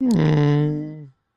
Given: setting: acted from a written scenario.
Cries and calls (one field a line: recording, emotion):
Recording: vocal sound without words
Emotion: shame